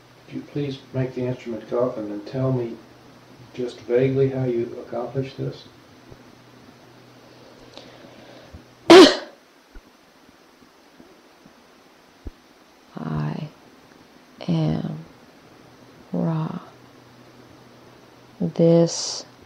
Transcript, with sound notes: Could you please make the instrument cough, and then tell me just vaguely how you accomplished this?
[Cough.] I am Ra. This